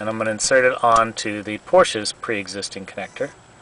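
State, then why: Not seated. A man talks while holding an aftermarket iTronic adapter's inline connector block, already on the end of its cable, ready to push it onto the Porsche Cayenne's existing plastic wiring connector. Only speech is heard, with no sudden sounds. Nothing has seated or clicked yet.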